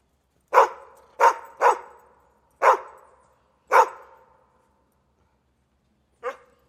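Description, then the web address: Dog giving six sharp barks: three in quick succession, two more about a second apart, and a final bark after a pause of over two seconds. Dog barking in the distance at night, away from the city. "son dun chien qui aboie au loin la nuit loin de la ville"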